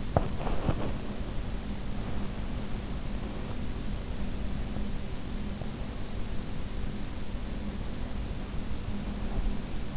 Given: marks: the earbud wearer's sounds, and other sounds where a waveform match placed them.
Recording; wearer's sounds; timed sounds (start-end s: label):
sounds in sleep by an in-ear microphone; body movement
0.00-1.03 s: body movement